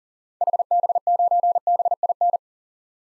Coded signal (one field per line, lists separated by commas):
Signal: Morse code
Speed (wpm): 40 wpm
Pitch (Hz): 700 Hz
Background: none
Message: HB9BIN